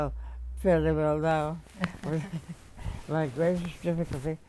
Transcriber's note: chuckles